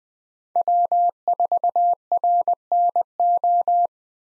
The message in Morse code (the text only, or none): W4RNO